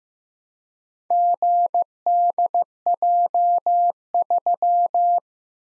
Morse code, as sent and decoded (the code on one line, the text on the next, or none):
--. -.. .--- ...--
GDJ3